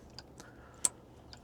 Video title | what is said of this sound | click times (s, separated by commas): Ultra UV2 Maintenance: Full Bulb & Quartz Tube Swap + Diagnosing a Dead Ballast | Look for the little clip, line it up at the top. Listen for the snap. | 0.9 s